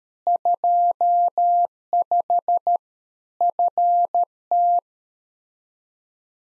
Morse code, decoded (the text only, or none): 25 FT